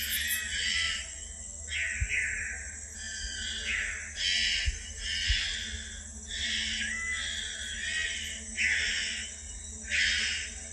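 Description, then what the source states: Bornean bristlehead calling with harsh, chattering notes in irregular bursts, over steady insect hiss and a low hum. Recorded in Danum Valley, Borneo, on 27 March 2007.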